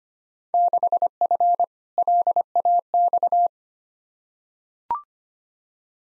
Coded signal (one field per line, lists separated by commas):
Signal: Morse code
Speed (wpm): 25 wpm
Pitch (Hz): 700 Hz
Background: none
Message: 6F LAX